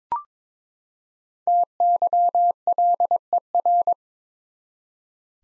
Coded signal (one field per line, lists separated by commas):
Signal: Morse code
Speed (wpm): 21 wpm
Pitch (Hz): 700 Hz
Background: none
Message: TYLER